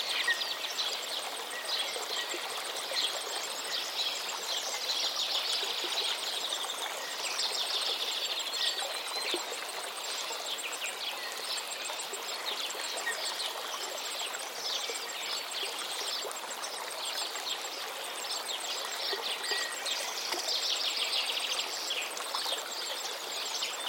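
A steady stream rushes and trickles throughout, with bright birdsong chirping repeatedly above it, strongest around seconds 3–9 and 20–23.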